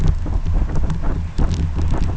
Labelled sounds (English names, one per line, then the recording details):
none
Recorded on Arctic tundra, site UTQI-2, on 11 June 2019
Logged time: 20:00